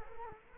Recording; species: mosquito wingbeat signal from an infrared sensor; Culex quinquefasciatus